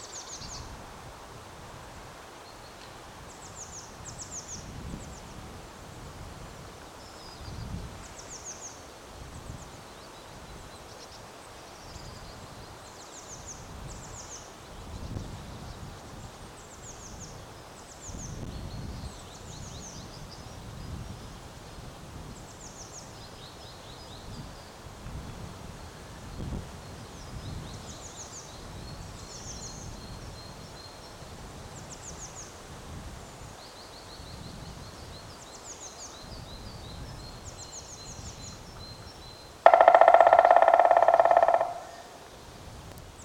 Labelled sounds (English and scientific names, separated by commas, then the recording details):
Black Woodpecker (Dryocopus martius)
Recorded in the wild
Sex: male
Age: adult
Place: Bernau bei Berlin, Barnim, Brandenburg, DE
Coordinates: 52.6598, 13.6494
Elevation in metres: 88
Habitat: deciduous forest
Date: 2021-02-21 08:21
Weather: clear, 1-3°C, weak wind
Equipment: Olympus LS3, Olympus ME31
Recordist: Frommolt, Karl-Heinz